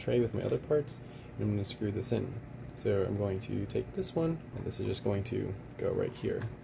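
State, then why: Not seated. A replacement motor and gear assembly is handled and positioned into the plastic arm housing of a Vivitar VTI Skytracker GPS Aerial Drone during a propeller gear repair, with someone talking throughout. The part is not yet home and nothing has seated or clicked yet.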